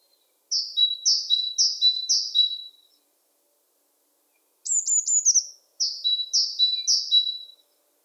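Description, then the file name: Great tit singing a ringing two-note motif, high then lower, four times, a pause, a burst of fast downward notes, then three more two-note phrases. "Parus major"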